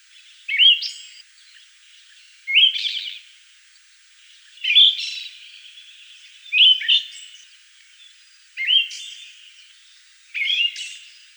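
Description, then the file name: Siberian thrush song, short two-part phrases, a clear whistled note followed by a thin buzzy trill, repeated roughly every two seconds with pauses between. "Drozd sibirskij"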